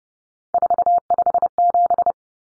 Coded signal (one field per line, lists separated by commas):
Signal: Morse code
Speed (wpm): 30 wpm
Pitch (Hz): 700 Hz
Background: none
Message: 457